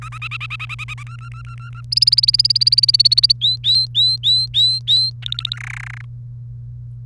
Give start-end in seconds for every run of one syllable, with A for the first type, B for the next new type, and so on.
0.02-1.03 A, 1.07-1.81 B, 1.92-3.32 C, 3.41-5.10 D, 5.22-5.57 E, 5.57-6.04 F